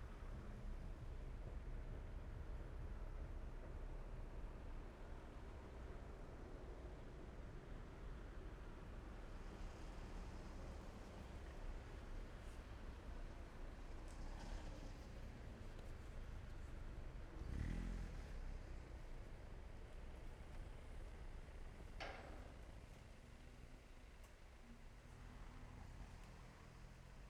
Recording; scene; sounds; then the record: everyday scene through a hearing-aid microphone; in traffic; traffic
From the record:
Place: main road on the outskirts, rush hour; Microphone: behind the ear, left, front